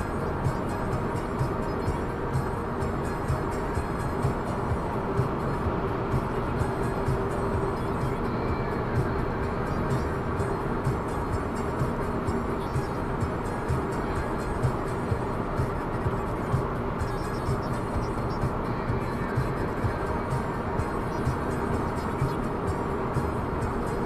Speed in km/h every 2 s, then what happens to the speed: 108, 108, 109, 111, 113, 112, 114, 114, 112, 113, 113, 113.
0-24 steady at about 112.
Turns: none.